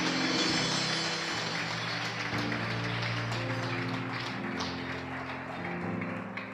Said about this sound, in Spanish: Un fuerte el aplauso al Señor.